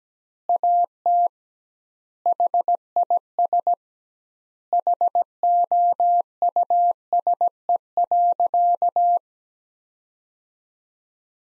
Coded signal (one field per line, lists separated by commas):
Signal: Morse code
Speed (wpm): 17 wpm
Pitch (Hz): 700 Hz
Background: none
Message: AT HIS HOUSE.